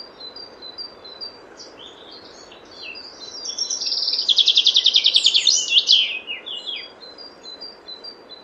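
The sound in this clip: Common chaffinch song, a fast run of repeated high notes closing with a quick flourish, with softer scattered chirps before and after.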